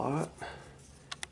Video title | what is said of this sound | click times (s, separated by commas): DIY Headlight Mount Using a Garmin Mount | snaps into place and | 1.1 s, 1.2 s